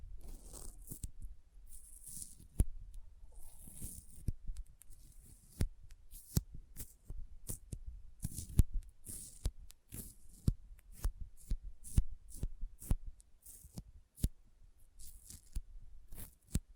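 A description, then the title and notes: Sticky fingers press and pull apart in a quick, uneven series of tacky snaps and clicks, roughly two or three per second. Bright crackly peels sit over soft low thumps, with a few sharper, louder pops around the middle and a faint hiss between them. ASMR Intense Sticky Finger Sounds (No Talking).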